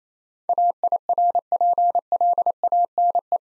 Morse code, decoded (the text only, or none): AIRPLANE